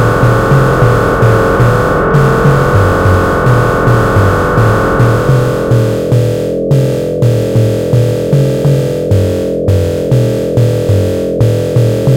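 Hard, low blips repeat in a quick stepping pattern over a thick, buzzing wash that thins after six seconds into steady tones with brief dropouts.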